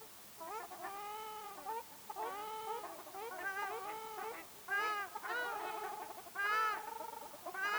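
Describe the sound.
Ruddy shelduck calling, drawn-out nasal honks in bursts about once a second, several birds overlapping.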